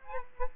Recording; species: mosquito wingbeat signal from an infrared sensor; Aedes aegypti